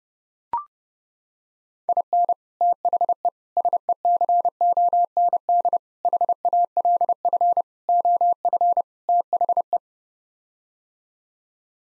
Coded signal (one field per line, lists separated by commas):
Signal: Morse code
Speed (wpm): 30 wpm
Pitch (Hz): 700 Hz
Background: none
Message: IN THE SECOND HALF OF THE